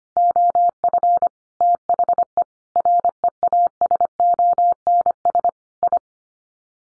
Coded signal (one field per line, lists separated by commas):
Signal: Morse code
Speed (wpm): 25 wpm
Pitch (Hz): 700 Hz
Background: none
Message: OF THE REASONS I